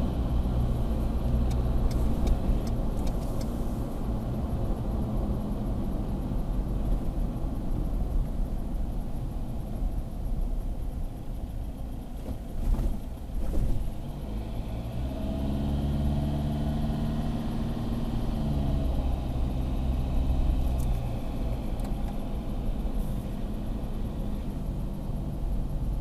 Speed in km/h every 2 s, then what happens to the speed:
59, 59, 50, 41, 30, 16, 14, 20, 29, 34, 37, 38, 35.
3-11 brakes to 14. 11-22 speeds up to 38.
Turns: none.